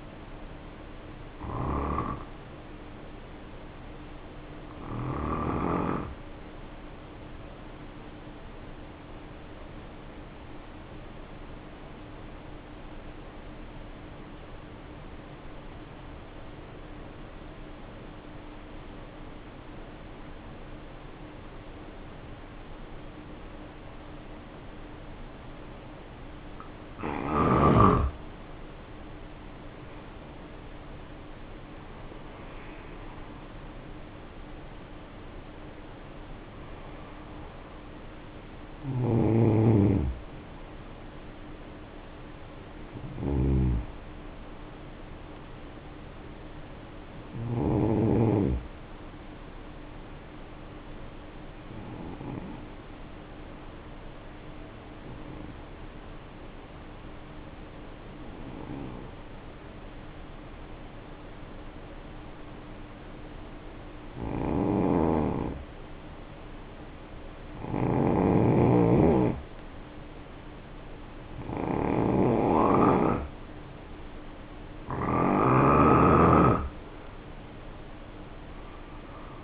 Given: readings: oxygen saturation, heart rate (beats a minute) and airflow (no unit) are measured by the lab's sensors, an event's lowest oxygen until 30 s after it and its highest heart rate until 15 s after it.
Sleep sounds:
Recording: breathing in sleep by a voice recorder at the bedside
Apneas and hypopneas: 2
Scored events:
13.00-73.00 s: new sleep stage, N2 (light sleep)
16.00-31.10 s: obstructive apnea (N2, oxygen 95% highest, then 77% lowest, heart rate 59 at the start, 76 highest)
56.00-68.70 s: hypopnea (N2, oxygen 95% highest, then 85% lowest, heart rate 56 at the start, 71 highest)
73.00-79.44 s: new sleep stage, N1 (lightest sleep)
From the record:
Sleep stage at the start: N1 (lightest sleep)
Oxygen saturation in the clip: 76 to 95%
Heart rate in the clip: 53 to 76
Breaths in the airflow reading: 15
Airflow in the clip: -9.0 to 8.7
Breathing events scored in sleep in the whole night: 520 in 7.2 hours asleep

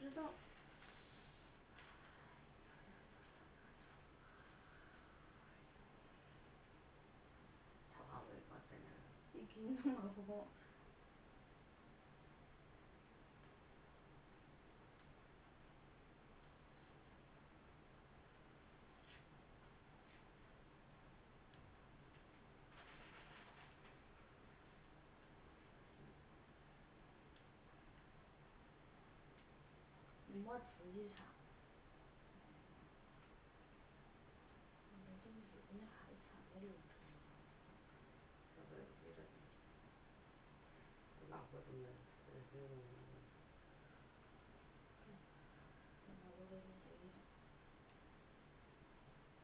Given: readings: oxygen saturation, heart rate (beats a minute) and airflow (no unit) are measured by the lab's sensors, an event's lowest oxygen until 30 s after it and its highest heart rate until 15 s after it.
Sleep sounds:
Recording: a person awake in a sleep study, by a voice recorder at the bedside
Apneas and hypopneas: none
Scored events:
0.00-49.44 s: awake
0.00-49.44 s: awake
From the record:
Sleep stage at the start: awake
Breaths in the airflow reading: 19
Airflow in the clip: -0.8 to 0.8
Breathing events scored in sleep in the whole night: 328 in 6.3 hours asleep

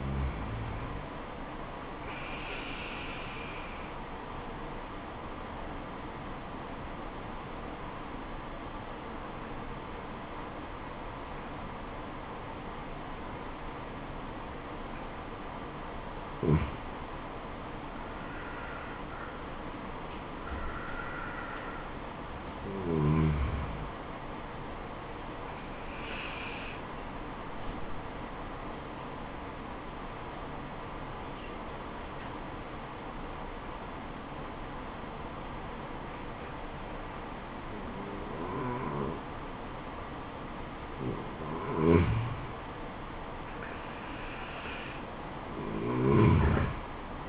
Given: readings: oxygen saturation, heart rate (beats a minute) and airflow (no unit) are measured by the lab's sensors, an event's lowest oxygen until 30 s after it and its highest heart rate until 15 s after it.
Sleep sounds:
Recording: breathing in sleep by a voice recorder at the bedside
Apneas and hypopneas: 2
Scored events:
5.00-18.50 s: obstructive apnea (N2, oxygen 96% highest, then 91% lowest, heart rate 74 at the start, 80 highest)
26.00-43.10 s: hypopnea (N2, oxygen 96% highest, then 91% lowest, heart rate 69 at the start, 76 highest)
From the record:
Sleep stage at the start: N2 (light sleep)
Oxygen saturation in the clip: 90 to 96%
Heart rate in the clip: 67 to 80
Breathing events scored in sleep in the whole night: 426 in 7.4 hours asleep

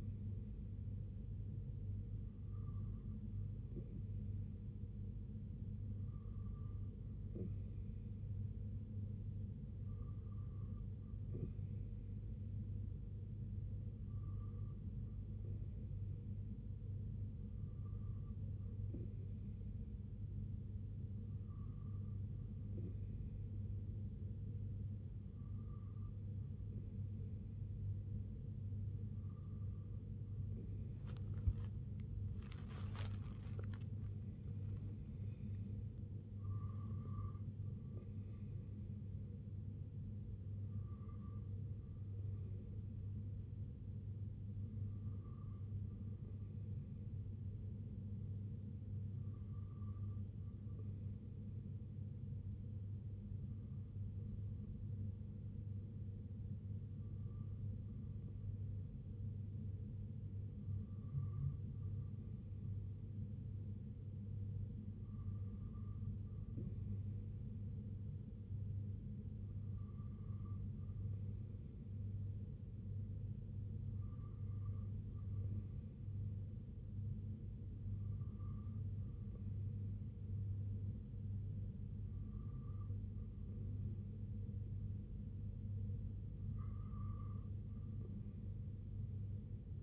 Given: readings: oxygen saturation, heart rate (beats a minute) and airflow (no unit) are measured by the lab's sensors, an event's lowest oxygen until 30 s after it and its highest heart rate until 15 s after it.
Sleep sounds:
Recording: breathing in sleep by a smartphone at the bedside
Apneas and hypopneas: 1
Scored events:
16.00-35.30 s: hypopnea (N2, oxygen 94% highest, then 93% lowest, heart rate 65 at the start, 82 highest)
19.00-49.00 s: new sleep stage, N1 (lightest sleep)
49.00-89.83 s: new sleep stage, N2 (light sleep)
From the record:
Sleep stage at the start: N2 (light sleep)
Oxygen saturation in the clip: 93 to 94%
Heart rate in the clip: 61 to 82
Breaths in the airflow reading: 22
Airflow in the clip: -5.5 to 6.0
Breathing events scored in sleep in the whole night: 258 in 7.4 hours asleep

